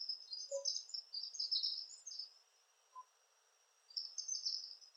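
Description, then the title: Palm tanager giving high, squeaky twittering notes in bursts, with a pause in the middle before resuming; two soft lower notes. "Sanhaçu-do-coqueiro (Tangara palmarum)"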